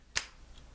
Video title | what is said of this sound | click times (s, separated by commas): Transformers re-review Henkei Megatron | click it into place, rotate this around, this folds | 0.2 s